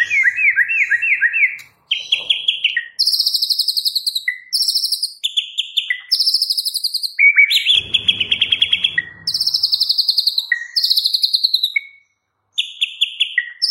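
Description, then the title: White-rumped shama song, a varied string of quick trilled and rattling phrases, high notes mixed with lower short notes and chattering bursts, with only brief pauses. Singing in a full rolling (ngerol) and shooting (nembak) song style. "Masteran Murai Batu Full Ngerol Nembak"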